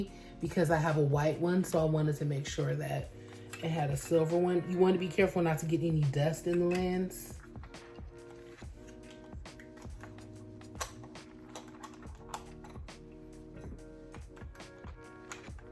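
A silver kit zoom lens is being lined up on the mount of a Canon EOS M50 mirrorless camera body over background music while someone talks. Several light clicks and taps of handling follow from about 10.0 to 15.3 seconds. Nothing has seated or clicked into place yet.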